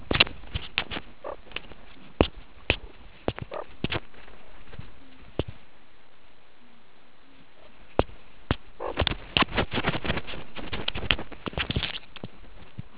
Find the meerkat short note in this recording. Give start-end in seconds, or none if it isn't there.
none